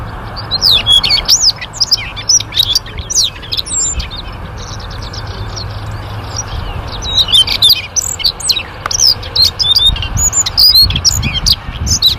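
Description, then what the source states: Birds chirping and twittering densely and continuously, many overlapping high notes over a steady low rumble throughout. Ringtone of a bird described as having a melodious voice.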